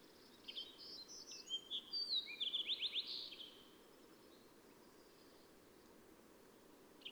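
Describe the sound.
Bird song: a high phrase of whistled notes ending in a quick trill, followed by steady background hiss and a faint note at the end.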